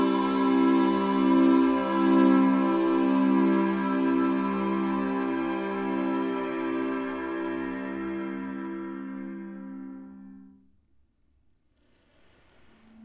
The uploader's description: breathing in and out of a harmonica.